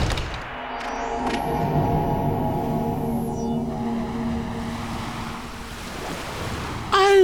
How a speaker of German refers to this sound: Allmächt, was ist denn da los? Wo gibt's denn bei uns so viel Wasser? Ein richtiges Meer. Also wirklich, nicht einmal der Brombachsee ist so groß.